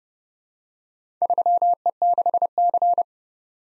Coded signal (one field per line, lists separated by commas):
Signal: Morse code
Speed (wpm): 30 wpm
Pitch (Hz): 700 Hz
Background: none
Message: 3E6C